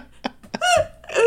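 Two quick hiccup-like catches, then a drawn-out voiced sound: an adult imitating a hiccup.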